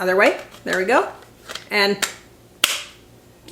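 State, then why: Seated. A 12V slide-in battery pack is turned around and pushed into the base of a Kimo cordless electric ratchet's handle while someone talks. It seats with one sharp snap at 2.6 s.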